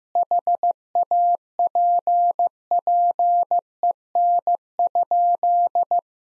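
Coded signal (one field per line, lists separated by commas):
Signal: Morse code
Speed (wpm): 15 wpm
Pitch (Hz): 700 Hz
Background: none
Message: HAPPEN?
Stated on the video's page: Sentences built from the top 400 words, sent at 15 wpm with double word spacing; a head-copy practice drill similar to the Farnsworth method.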